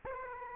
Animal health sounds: mosquito wingbeat signal from an infrared sensor; Aedes aegypti

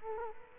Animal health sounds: mosquito wingbeat signal from an infrared sensor; Culex quinquefasciatus

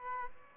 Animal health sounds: mosquito wingbeat signal from an infrared sensor; Aedes albopictus

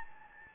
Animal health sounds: mosquito wingbeat signal from an infrared sensor; Anopheles gambiae

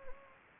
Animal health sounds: mosquito wingbeat signal from an infrared sensor; Anopheles gambiae

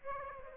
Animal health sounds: mosquito wingbeat signal from an infrared sensor; Aedes aegypti

